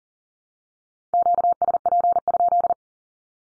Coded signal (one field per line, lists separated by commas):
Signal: Morse code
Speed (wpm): 40 wpm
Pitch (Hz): 700 Hz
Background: none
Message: QSP?